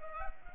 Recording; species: mosquito wingbeat signal from an infrared sensor; Culex pipiens